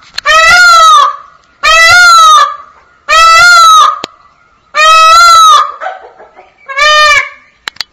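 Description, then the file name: Indian peafowl male calling: five loud, harsh, wailing cries, each about a second long and rich in overtones, repeated roughly every one and a half seconds. "Male Peacock Call"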